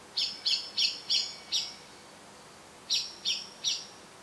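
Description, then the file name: Common blackbird chinking calls, a run of five sharp notes, a short pause, then three more at the same brisk pace. "Turdus merula"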